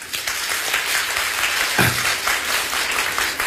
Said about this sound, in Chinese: 必须来黑头，黑头叫花脸， 花脸的唱腔好听。 来一段摇旗， 来，大伙儿掌声。